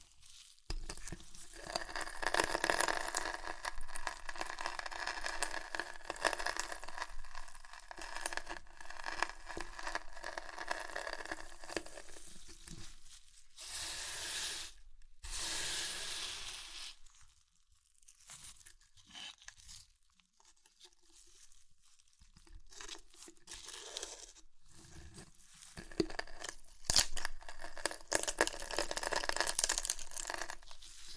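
Crisp crunching and crushing of chips, dense bright crackles for the first fifteen seconds, a quieter sparse stretch, then heavier crunching returning near the end.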